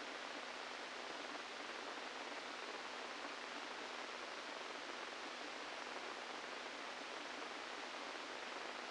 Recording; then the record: brain microelectrode recording played as sound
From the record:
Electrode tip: inside the subthalamic nucleus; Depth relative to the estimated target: -1 mm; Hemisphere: left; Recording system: NeuroSet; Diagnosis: Parkinson's disease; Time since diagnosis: 17 years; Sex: male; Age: 64 years